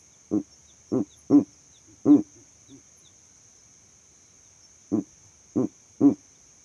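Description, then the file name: Owl giving short, harmonic hooting notes: four, then a faint fifth, then after a gap of about two seconds three more; otherwise quiet. Owl calls at night. "Elijah Wagner - Calming Owl Calls at Night"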